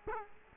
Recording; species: mosquito wingbeat signal from an infrared sensor; Culex quinquefasciatus